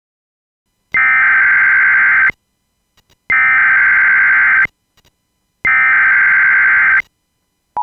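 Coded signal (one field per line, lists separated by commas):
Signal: Emergency Alert System (SAME) tones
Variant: header bursts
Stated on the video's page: Fictional EAS scenario about a Mount St. Helens volcanic eruption, a simulation.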